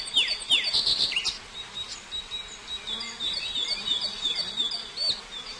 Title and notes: Suara Kicau Burung Prenjak Lengkap dan Ngerol